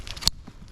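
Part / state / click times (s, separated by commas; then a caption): plastic quick-release buckle on a rucksack shoulder strap / released / 0.3 s. A tab on the quick-release system of a Crossfire DG3 Slick Pack rucksack is pulled out and yanked down, releasing the plastic buckle of the shoulder strap. Light rustling leads into a single sharp snap at 0.3 s, followed by faint handling noise. The buckle pops open and the strap is released.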